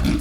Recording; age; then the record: pig call; growing-finishing pig (85 days or more)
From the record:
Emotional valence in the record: positive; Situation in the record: enriched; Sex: male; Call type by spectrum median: low-frequency call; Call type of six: low-frequency modulated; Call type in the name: low-frequency stable, not sure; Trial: 2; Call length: 0.21 s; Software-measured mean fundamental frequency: 42 Hz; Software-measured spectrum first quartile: 129 Hz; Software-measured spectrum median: 285 Hz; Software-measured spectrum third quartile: 1181 Hz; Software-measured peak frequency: 68 Hz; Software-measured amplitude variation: 108 dB a second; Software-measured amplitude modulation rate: 24.2 a second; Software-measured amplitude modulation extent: 4.5 dB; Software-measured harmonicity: 4.9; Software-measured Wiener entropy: -2.73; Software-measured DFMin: 1092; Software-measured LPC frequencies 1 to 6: 270, 1357, 2376, 3430, 4199, 4817 Hz